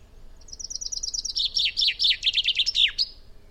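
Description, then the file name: Common chaffinch singing one phrase: bright repeated notes that gradually descend and grow louder, then close with a brief emphatic ending. "Fringilla coelebs"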